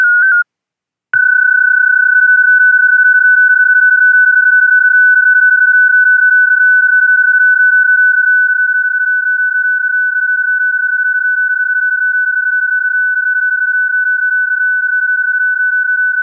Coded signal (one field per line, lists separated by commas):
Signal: PSK31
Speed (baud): 31.25 baud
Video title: Data modes 20m.